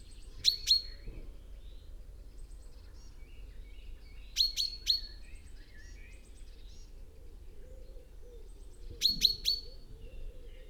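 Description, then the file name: Common chaffinch uttering brief, clipped call notes in small clusters every few seconds over a quiet background. "Fringilla coelebs"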